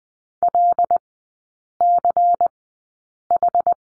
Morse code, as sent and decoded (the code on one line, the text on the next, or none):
.-.. -.-. ....
LCH